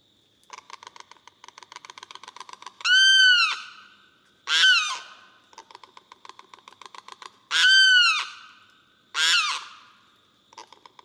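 Limpkin alternating runs of dry rapid clicks with four loud, harsh wailing screams, a steady high insect hum underneath.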